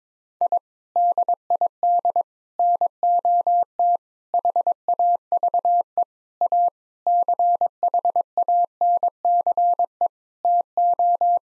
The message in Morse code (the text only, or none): I DID NOT HAVE A CHANCE TO